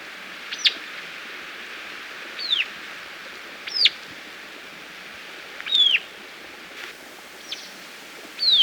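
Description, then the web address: White-capped tanager giving sharp, high, downslurred notes at uneven intervals, six in all, over a steady soft hiss. Recorded in Ecuador. "Birds of Ecuador. White-Capped Tanager"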